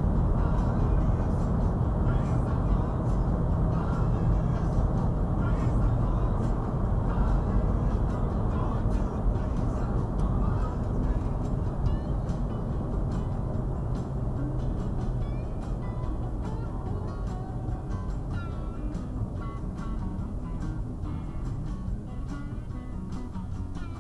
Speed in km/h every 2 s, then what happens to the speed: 92, 92, 90, 87, 82, 79, 72, 66, 56, 48, 42, 23.
4-24 brakes to 23.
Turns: none.